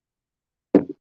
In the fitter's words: You hear the click?